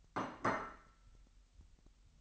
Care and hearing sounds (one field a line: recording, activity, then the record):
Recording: daily activity, microphone in the room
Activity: place plate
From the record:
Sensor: 3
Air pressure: 1002.0 hPa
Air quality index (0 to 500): 247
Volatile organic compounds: 51 ppm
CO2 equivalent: 3314 ppm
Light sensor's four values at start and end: 12/36/16/13 and 12/36/16/13